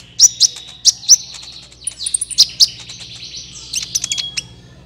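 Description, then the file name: Van Hasselt's Sunbird song: high, thin chirps and twittering runs, some notes clustered tightly, with a faint low hum behind. "suara kolibri ninja"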